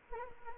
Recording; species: mosquito wingbeat signal from an infrared sensor; Anopheles arabiensis